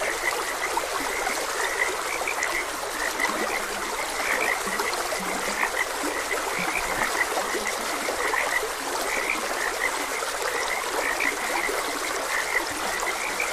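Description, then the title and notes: Chorus of frogs with rapid overlapping croaks and chirps throughout, a few low rasping notes, and a bright steady stream sound behind. Frogs croaking beside a gentle stream. "Frogs Croaking. Sleep and Relaxation Podcast"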